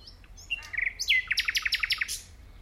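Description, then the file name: Common nightingale song: soft high whistles open into a quick stuttering trill, then a loud series of evenly spaced, rich chirps. "Luscinia megarhynchos"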